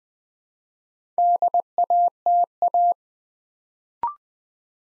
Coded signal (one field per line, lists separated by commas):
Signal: Morse code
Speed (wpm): 20 wpm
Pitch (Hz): 700 Hz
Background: none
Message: DATA